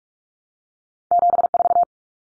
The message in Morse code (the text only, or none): 74